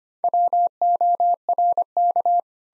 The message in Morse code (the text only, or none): WORK